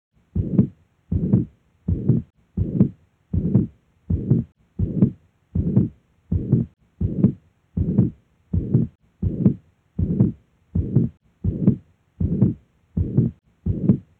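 Steady, evenly spaced low-pitched beats at about 80 a minute, nineteen across the clip, each a short muffled whooshing thump. These are heart sounds heard through a stethoscope, with a regular rhythm and no background noise.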